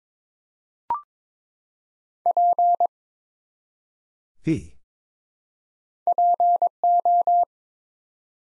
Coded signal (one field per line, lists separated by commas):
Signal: Morse code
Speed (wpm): 22 wpm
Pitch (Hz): 700 Hz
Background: none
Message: P PO